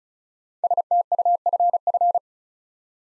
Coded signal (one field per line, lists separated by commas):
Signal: Morse code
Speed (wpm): 36 wpm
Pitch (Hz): 700 Hz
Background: none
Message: STUFF